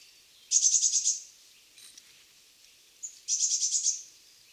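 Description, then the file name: Eurasian blue tit uttering two fast runs of high, thin chattering notes, about six each, with a faint soft note between them. "Cyanistes caeruleus"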